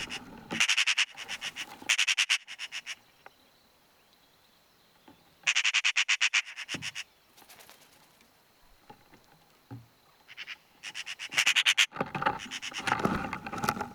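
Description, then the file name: Eurasian magpie giving repeated harsh rattling chatter in several bursts, with scratchy rustling and clicking noises between and after them. "Pica pica"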